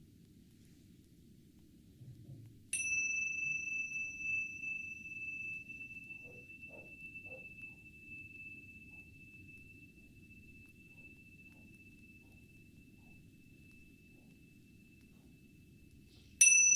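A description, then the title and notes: A Tibetan singing bowl is struck at about three seconds and rings a long, steady tone that fades slowly until a second strike near the end. ASMR Tibetan singing bowl.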